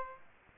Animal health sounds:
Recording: mosquito wingbeat signal from an infrared sensor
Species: Aedes aegypti

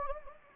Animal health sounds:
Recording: mosquito wingbeat signal from an infrared sensor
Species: Anopheles gambiae

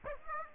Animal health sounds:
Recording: mosquito wingbeat signal from an infrared sensor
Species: Aedes aegypti

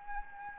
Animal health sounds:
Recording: mosquito wingbeat signal from an infrared sensor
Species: Anopheles gambiae

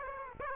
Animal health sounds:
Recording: mosquito wingbeat signal from an infrared sensor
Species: Aedes aegypti

